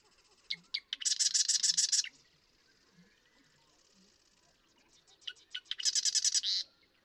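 Marsh Wren delivering two songs several seconds apart, each clicking introductory notes followed by a rapid, buzzy, machine-like rattle.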